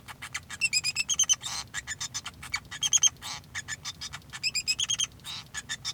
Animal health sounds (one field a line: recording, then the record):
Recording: song of a male Bengalese finch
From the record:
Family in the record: son of father 2